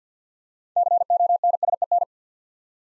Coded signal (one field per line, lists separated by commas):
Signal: Morse code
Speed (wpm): 50 wpm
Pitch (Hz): 700 Hz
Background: none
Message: CONSEN